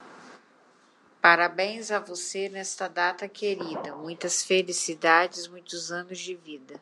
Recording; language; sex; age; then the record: short text; Brazilian Portuguese; female; 30 to 39 years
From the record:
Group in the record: control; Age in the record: 39 years